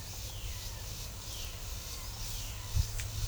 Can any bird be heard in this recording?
no